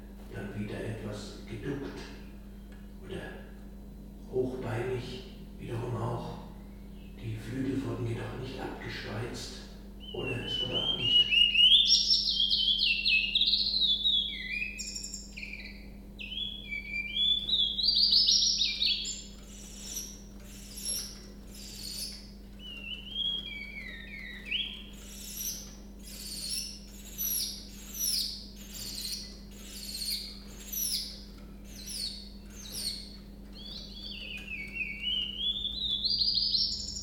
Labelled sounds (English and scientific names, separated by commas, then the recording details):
Willow Warbler (Phylloscopus trochilus)
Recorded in captivity
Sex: male
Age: adult
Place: Zoologisches Institut Universität Tübingen, Baden-Württemberg, DE
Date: 1965-05-19
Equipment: Nagra III PH, kleiner englischer Parabolspiegel, LGS26
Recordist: Schneider, Hans-Joachim
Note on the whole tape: Männchen rechts rot/grün - links grün, geschlüpft 20.05.1964. (von diesem Tier existieren auch Jugendaufnahmen). Aufnahme in einem separaten Raum mit kleinem englischen Parabolspiegel